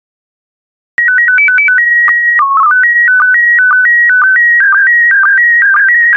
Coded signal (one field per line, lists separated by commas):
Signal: SSTV (slow-scan television)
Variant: PD 120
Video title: 99089 Religious Stained Glass SSTV PD120